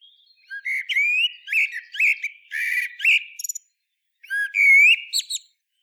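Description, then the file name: Common blackbird song, two phrases of melodious slurred whistles with squeaky chirps, separated by a short pause. "Turdus merula"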